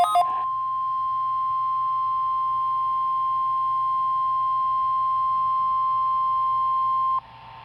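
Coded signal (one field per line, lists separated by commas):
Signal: Emergency Alert System (SAME) tones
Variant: 1050 Hz attention tone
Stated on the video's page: Required weekly test of the Southern Nevada Emergency Alert System.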